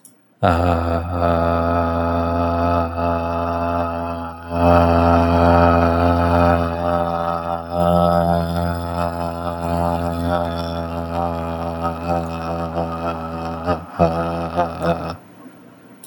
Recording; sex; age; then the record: vowel held as long as possible; male; 20 to 29 years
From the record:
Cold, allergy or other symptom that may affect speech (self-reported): no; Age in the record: 24 years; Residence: Texas, United States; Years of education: 14